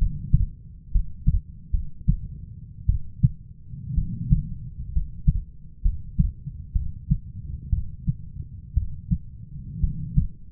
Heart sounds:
heart sounds by stethoscope; 61 bpm
0.91 s: heartbeat
1.71 s: heartbeat
2.86 s: heartbeat
3.94 s: heartbeat
4.92 s: heartbeat
5.82 s: heartbeat
6.72 s: heartbeat
7.70 s: heartbeat
8.74 s: heartbeat
9.80 s: heartbeat
From the record:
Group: healthy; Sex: female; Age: 37 years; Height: 168 cm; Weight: 70 kg

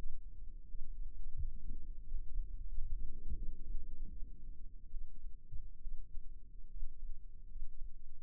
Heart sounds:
heart sounds by microphone in the left ear; 79 bpm
0.69 s: heartbeat
1.39 s: heartbeat
2.06 s: heartbeat
2.71 s: heartbeat
3.37 s: heartbeat
4.11 s: heartbeat
4.92 s: heartbeat
5.82 s: heartbeat
6.71 s: heartbeat
7.50 s: heartbeat
From the record:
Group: healthy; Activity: rest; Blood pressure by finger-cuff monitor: 122/59 mmHg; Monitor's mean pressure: 83 mmHg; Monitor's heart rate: 83 bpm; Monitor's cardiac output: 9.1 L/min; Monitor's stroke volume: 107 mL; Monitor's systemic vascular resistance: 610 dyn s/cm5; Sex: male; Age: 22 years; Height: 181 cm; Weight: 79 kg

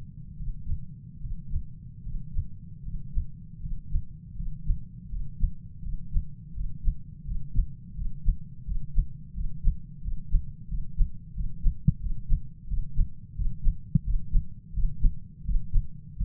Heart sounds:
heart sounds by stethoscope; 84 bpm
0.36 s: heartbeat
1.20 s: heartbeat
2.02 s: heartbeat
2.82 s: heartbeat
3.60 s: heartbeat
4.35 s: heartbeat
5.08 s: heartbeat
5.81 s: heartbeat
6.53 s: heartbeat
7.24 s: heartbeat
7.94 s: heartbeat
8.64 s: heartbeat
9.33 s: heartbeat
10.01 s: heartbeat
10.67 s: heartbeat
11.33 s: heartbeat
11.99 s: heartbeat
12.67 s: heartbeat
13.34 s: heartbeat
14.03 s: heartbeat
14.72 s: heartbeat
15.44 s: heartbeat
16.15 s: heartbeat
From the record:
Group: healthy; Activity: breath hold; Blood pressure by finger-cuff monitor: 93/64 mmHg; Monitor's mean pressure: 74 mmHg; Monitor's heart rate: 86 bpm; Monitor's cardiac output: 7.7 L/min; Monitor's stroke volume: 91 mL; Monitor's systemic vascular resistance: 670 dyn s/cm5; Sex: male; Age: 23 years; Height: 178 cm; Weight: 96.6 kg

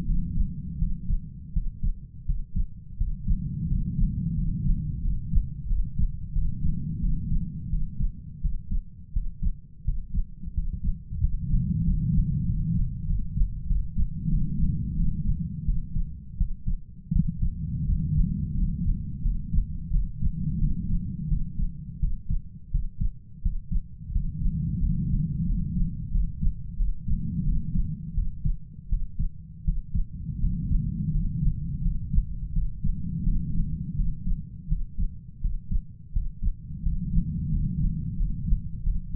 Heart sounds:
heart sounds by stethoscope; 87 bpm
0.05 s: heartbeat
0.78 s: heartbeat
1.53 s: heartbeat
2.25 s: heartbeat
2.97 s: heartbeat
3.68 s: heartbeat
4.35 s: heartbeat
5.02 s: heartbeat
5.67 s: heartbeat
6.33 s: heartbeat
7.00 s: heartbeat
7.70 s: heartbeat
8.41 s: heartbeat
9.13 s: heartbeat
9.84 s: heartbeat
10.54 s: heartbeat
11.20 s: heartbeat
11.84 s: heartbeat
12.45 s: heartbeat
13.06 s: heartbeat
13.67 s: heartbeat
14.29 s: heartbeat
14.95 s: heartbeat
15.65 s: heartbeat
16.37 s: heartbeat
17.12 s: heartbeat
17.85 s: heartbeat
18.54 s: heartbeat
19.22 s: heartbeat
19.90 s: heartbeat
20.59 s: heartbeat
21.28 s: heartbeat
21.99 s: heartbeat
22.71 s: heartbeat
23.42 s: heartbeat
24.12 s: heartbeat
24.80 s: heartbeat
25.46 s: heartbeat
26.12 s: heartbeat
26.77 s: heartbeat
27.44 s: heartbeat
28.14 s: heartbeat
28.89 s: heartbeat
29.64 s: heartbeat
30.40 s: heartbeat
31.11 s: heartbeat
31.82 s: heartbeat
32.53 s: heartbeat
33.23 s: heartbeat
33.95 s: heartbeat
34.68 s: heartbeat
35.41 s: heartbeat
36.13 s: heartbeat
36.83 s: heartbeat
37.50 s: heartbeat
38.17 s: heartbeat
38.83 s: heartbeat
From the record:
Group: healthy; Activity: rest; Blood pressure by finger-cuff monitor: 112/74 mmHg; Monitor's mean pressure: 88 mmHg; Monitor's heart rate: 85 bpm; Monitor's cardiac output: 7.4 L/min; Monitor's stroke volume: 86 mL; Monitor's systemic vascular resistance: 870 dyn s/cm5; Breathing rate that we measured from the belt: 9 breaths a minute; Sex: male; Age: 33 years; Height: 179 cm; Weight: 80.4 kg

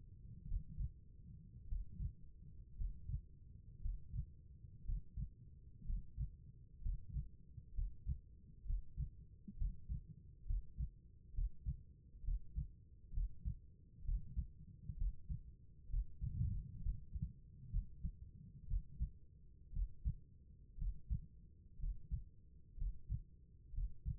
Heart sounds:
heart sounds by stethoscope; 62 bpm
0.47 s: heartbeat
1.67 s: heartbeat
2.75 s: heartbeat
3.80 s: heartbeat
4.83 s: heartbeat
5.84 s: heartbeat
6.80 s: heartbeat
7.73 s: heartbeat
8.64 s: heartbeat
9.56 s: heartbeat
10.45 s: heartbeat
11.33 s: heartbeat
12.23 s: heartbeat
13.12 s: heartbeat
14.03 s: heartbeat
14.96 s: heartbeat
15.88 s: heartbeat
16.80 s: heartbeat
17.70 s: heartbeat
18.67 s: heartbeat
19.72 s: heartbeat
20.77 s: heartbeat
21.78 s: heartbeat
22.76 s: heartbeat
23.73 s: heartbeat
From the record:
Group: healthy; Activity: breath hold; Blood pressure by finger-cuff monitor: 89/54 mmHg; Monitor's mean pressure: 65 mmHg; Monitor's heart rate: 60 bpm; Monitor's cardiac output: 4.2 L/min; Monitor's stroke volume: 72 mL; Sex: female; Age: 36 years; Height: 163 cm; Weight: 88 kg

